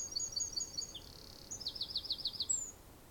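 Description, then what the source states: Bird song: a high chattering trill running into a sustained buzz, then a quick series of sharp repeated notes and a thin high whistle. Birds singing in a garden.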